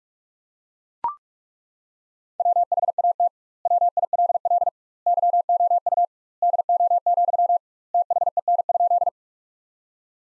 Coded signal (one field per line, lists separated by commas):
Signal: Morse code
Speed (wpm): 42 wpm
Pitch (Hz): 700 Hz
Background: none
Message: WHAT WILL YOU DO, THEN?